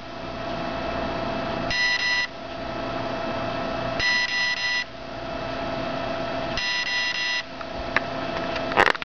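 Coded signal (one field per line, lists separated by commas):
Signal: beep code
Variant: CopterX 30A ESC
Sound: three evenly spaced buzzy motor beeps over a steady hum, then clicks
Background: electrical hum, handling clicks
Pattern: 3 long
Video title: CopterX 30AESC setting beep sequence.mp4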